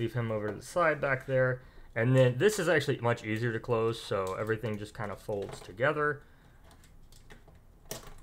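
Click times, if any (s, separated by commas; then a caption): 7.9 s. Someone talks while a second plastic Bakugan transforming toy figure is folded, its parts collapsing in on themselves into ball form. After the talking stops, a few faint plastic ticks sound around 7.1–7.5 s. A sharp click at 7.9 s marks the figure locking closed.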